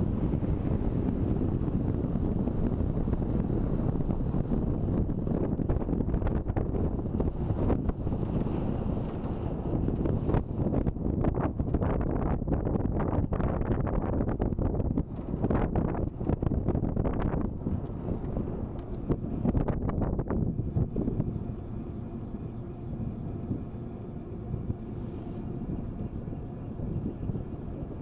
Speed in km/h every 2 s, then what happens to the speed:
36, 34, 32, 30, 28, 27, 26, 26, 26, 25, 25, 26, 26, 27.
0-11 slows to 26. 11-28 steady at about 26.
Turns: none.